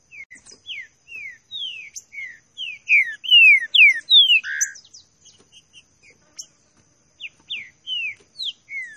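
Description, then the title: Green-winged saltator delivering many short descending whistles, rising to a loud climax with a rough lower note, then softer slurred whistles after a brief pause. Classic song style of the species, presented as a training recording. "Canto Clássico Trinca Ferro TREINAMENTO"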